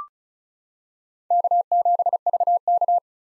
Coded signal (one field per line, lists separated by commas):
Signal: Morse code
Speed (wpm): 34 wpm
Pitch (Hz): 700 Hz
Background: none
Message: K7VK